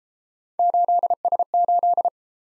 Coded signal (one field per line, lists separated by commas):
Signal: Morse code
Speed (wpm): 34 wpm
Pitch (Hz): 700 Hz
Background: none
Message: 8S8